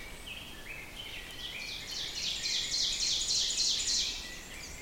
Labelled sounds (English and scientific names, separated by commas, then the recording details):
Ovenbird (Seiurus aurocapilla) song
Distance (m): 40 m
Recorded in boreal forest in Alberta, Canada, on 6 June 2016 at 07:39
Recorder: SongMeter 3, array SBT-3-51
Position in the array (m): 230 m, 137 m
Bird 28